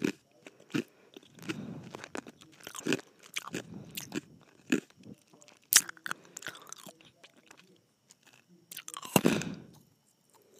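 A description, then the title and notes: Someone sucks on and bites ice, with sharp crunching snaps scattered irregularly through the clip, the loudest around six and nine seconds. Between bites come softer wet slurps and chewing sounds, and brief quiet gaps separate the bursts. ASMR Sucking and Biting Ice.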